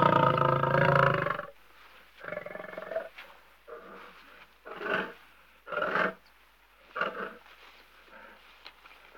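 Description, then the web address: Lion growling: a long, rough, low harmonic growl over the first second and a half, then a series of shorter grunting growls about once a second. "KMP Film Video Sound Effects. Leeuw - Grommend"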